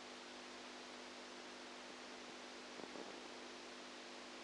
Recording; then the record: brain microelectrode recording played as sound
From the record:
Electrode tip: outside the subthalamic nucleus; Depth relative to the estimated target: -10 mm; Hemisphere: right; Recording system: NeuroSet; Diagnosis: Parkinson's disease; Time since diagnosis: 10 years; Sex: female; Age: 67 years